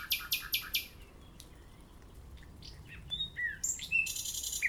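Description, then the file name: Common nightingale song: loud rapid buzzy pulses at the start, a quiet gap with scattered faint notes, then varied whistles and a high rattling burst. "Usignolo"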